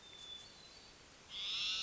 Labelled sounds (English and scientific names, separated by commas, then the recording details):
Hermit Thrush (Catharus guttatus)
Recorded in Sonoma County, California